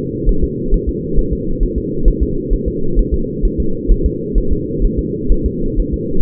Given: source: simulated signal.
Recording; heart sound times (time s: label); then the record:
fetal heart sounds
0.29 s: S1
0.44 s: S2
0.74 s: S1
0.89 s: S2
1.19 s: S1
1.33 s: S2
1.63 s: S1
1.78 s: S2
2.08 s: S1
2.23 s: S2
2.53 s: S1
2.68 s: S2
2.99 s: S1
3.14 s: S2
3.45 s: S1
3.60 s: S2
3.92 s: S1
4.06 s: S2
4.38 s: S1
4.53 s: S2
4.85 s: S1
4.99 s: S2
5.32 s: S1
5.46 s: S2
5.80 s: S1
5.94 s: S2
From the record:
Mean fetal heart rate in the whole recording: 130 bpm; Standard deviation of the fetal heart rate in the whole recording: 4 bpm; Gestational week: 38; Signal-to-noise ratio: -8.1 dB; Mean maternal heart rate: 72 bpm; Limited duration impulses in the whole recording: absent